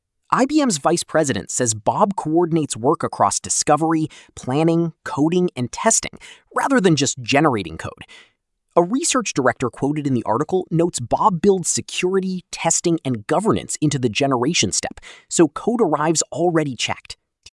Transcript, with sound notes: IBM’s vice president says Bob coordinates work across discovery, planning, coding, and testing, rather than just generating code. [thoughtful] A research director quoted in the article notes Bob builds security, testing, and governance into the generation step, so code arrives already checked.